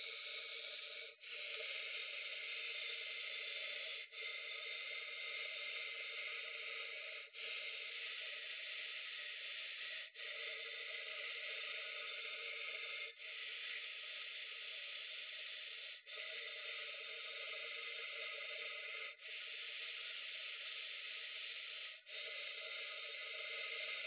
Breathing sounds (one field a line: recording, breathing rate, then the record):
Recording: paced breathing near a phone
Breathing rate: 10 breaths a minute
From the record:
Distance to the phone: 20 cm